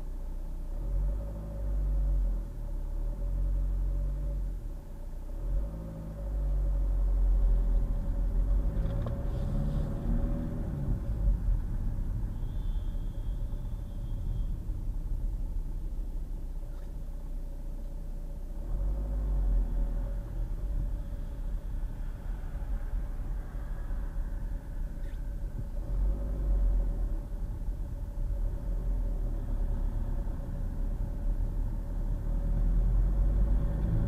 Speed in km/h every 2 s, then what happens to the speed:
2, 2, 3, 13, 21, 15, 11, 2, 2, 8, 8, 6, 8, 10, 15, 19, 29.
0-3 standing. 3-8 pulls away to 21. 8-14 slows to 2. 14-16 standing. 16-18 pulls away to 8. 18-23 steady at about 8. 23-34 speeds up to 29.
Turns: 4-8.